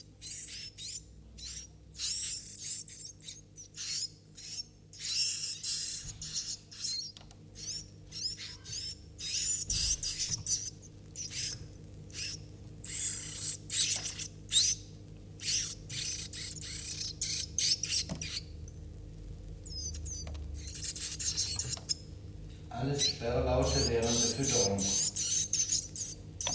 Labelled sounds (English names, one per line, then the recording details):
Iberian Chiffchaff call
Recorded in captivity
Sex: group
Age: juvenile
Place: Zoologisches Institut Universität Tübingen, Baden-Württemberg, DE
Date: 1964-06-16 14:15
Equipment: Nagra III PH, dynamisches Mikrophon, LGS26
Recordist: Schneider, Hans-Joachim